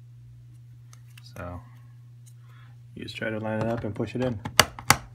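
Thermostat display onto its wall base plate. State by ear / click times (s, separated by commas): seated / 4.9 s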